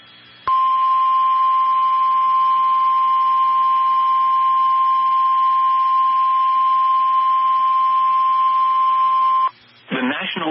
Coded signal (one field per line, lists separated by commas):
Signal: Emergency Alert System (SAME) tones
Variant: 1050 Hz attention tone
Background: speech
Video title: Corrupted Files... Yayyyy... | EAS #350-355 (Severe Weather Alerts from 1/27-28/2024)